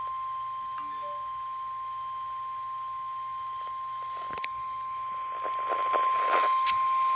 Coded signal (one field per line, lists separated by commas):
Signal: Emergency Alert System (SAME) tones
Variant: 1050 Hz attention tone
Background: music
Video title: Severe Thunderstorm Warning #8 (EAS #115)